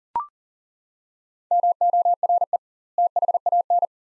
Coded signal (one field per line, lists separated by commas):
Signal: Morse code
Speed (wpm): 40 wpm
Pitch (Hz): 700 Hz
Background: none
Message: MORE THAN